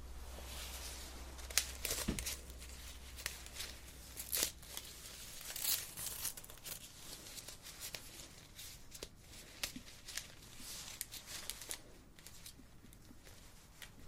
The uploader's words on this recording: ASMR Facial Acupuncture ~ Personal Attention Close Up Face Touching.